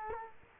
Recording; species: mosquito wingbeat signal from an infrared sensor; Culex quinquefasciatus